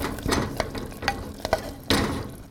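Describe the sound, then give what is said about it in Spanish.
Onions and bell peppers, cut into small cubes, sizzle in a frying pan in a kitchen, a steady crackling hiss broken by several sharp clicks and scrapes, like a utensil stirring the vegetables. No voices. “La sartén donde crepitaban cebollas y morrones, ya cortados en cubos pequeños, y tomate, que había sido pelado en agua hirviendo y ya cortado.”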